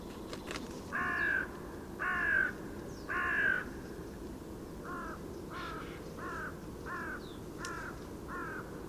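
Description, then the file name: Carrion crow giving three strong hoarse caws, then a run of six softer, shorter caws in quick succession. "Corvus corone"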